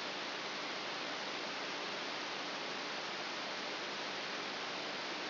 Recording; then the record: brain microelectrode recording played as sound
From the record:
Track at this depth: inside the subthalamic nucleus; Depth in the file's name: 4.302 mm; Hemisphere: left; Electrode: 3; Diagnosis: Parkinson's disease